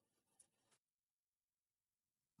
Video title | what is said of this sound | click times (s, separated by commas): Walksnail Goggle X Heatsink tausch mit Cockroach FPV | war es das mit WLAN aber das ist ja relativ einfach gemacht ein kleiner Klick und dann ist das drinne | 0.4 s